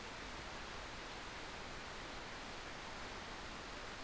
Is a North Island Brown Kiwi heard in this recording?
no